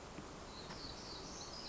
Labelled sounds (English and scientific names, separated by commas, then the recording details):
Black-throated Gray Warbler (Setophaga nigrescens)
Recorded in Sonoma County, California